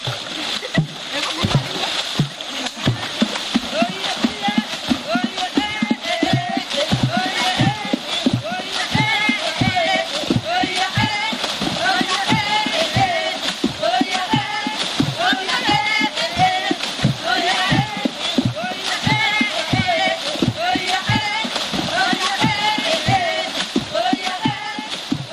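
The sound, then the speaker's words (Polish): Aka Pygmy women standing waist-deep in a river in Central Africa drum on the water with their hands, a dense, steady rhythm of deep plunging slaps and splashes, with voices singing and calling along throughout. “Kobiety stoją po pas w rzece i dają koncert. To jest taka tradycja ludzi Aka, pigmejów Aka zamieszkujących Afrykę Środkową”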